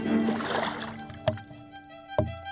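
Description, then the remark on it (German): Wooden oars of an Elector's barge on the Havel river dip into water with a soft sloshing wash, then two distinct knocking strokes about a second apart, each followed by a brief watery swirl. “Die hölzernen Hände der kurfürstlichen Barke haben sich wieder ins Wasser geschoben, lassen abgefallene Blätter durch ihre barocken Gesten rinnen.”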